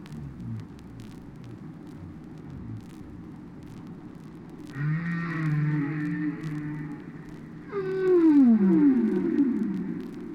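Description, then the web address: Whale song with a long low moaning tone, then a sliding, descending harmonic cry that rises in loudness, over steady underwater noise. "KU whales"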